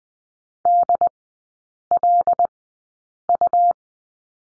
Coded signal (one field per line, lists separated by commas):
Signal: Morse code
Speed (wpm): 19 wpm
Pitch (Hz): 700 Hz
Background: none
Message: DLU